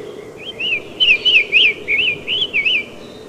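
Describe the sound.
Summer Tanager singing a string of rounded whistled phrases, each rising then falling, delivered at a fast pace against low hiss.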